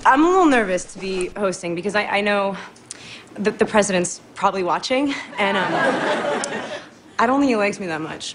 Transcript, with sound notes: I'm a little nervous to be hosting because I know that the president's probably watching. And...
(LAUGHTER)
...I don't think he likes me that much.